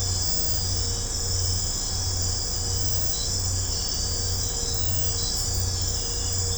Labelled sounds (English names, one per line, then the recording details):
none
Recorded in secondary vegetation near Puerto Asís, Putumayo, Colombia, on 20 December 2024 at 22:30
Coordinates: 0.502, -76.326
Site G028